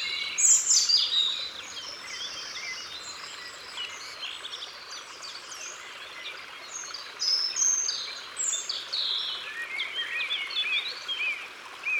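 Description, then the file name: European robin: songbird delivering high, sweet warbling phrases with quick trills, one burst at the start and more after a pause, over a gentle rushing hiss. Recorded in Ardèche. "Rougegorge Familier Concerts Naturels De l Ardeche"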